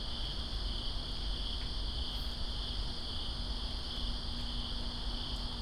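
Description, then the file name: Unbroken high-pitched cricket trilling over a dense, steady patter of rain. Crickets in Greensboro on September 2, 2017, during rain. "Greensboro Crickets And Rain September 02 2017"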